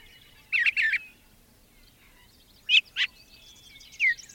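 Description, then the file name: Brown thrasher phrases, a doubled rough note, a pause, then another pair and a short whistled slur. "suara-kicauan-brown-thraser 3-omkicau"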